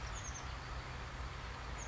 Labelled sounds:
Oak Titmouse
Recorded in Sonoma County, California

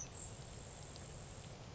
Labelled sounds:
Grasshopper Sparrow
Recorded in Sonoma County, California

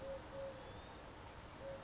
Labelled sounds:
Eurasian Collared Dove
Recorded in Sonoma County, California

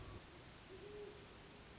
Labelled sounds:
Great Horned Owl
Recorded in Sonoma County, California

